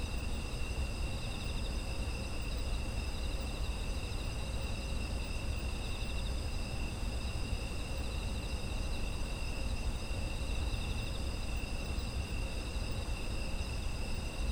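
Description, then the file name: Unbroken insect chorus of high, slightly pulsing trills in several layers, with low background rumble running beneath. Ambient sound of autumn insects. "秋の虫の環境音"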